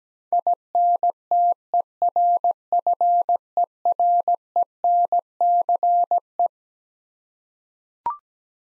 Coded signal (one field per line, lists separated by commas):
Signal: Morse code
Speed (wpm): 17 wpm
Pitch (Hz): 700 Hz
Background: none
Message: INTERFERENCE